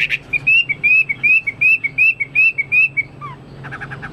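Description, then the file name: Chinese hwamei song: a fast series of clear whistled notes, followed by one falling note and a brief burst of buzzier sound. "omkicau hwamei"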